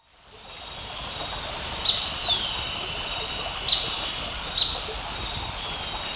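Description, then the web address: Blackish Pewee uttering a few isolated high chips and one thin slurred note, with steady insect buzzing throughout. Recorded in Ecuador. "S America Birds of Ecuador. Blackish Pewee"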